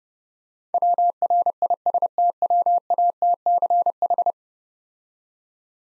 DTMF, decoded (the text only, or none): none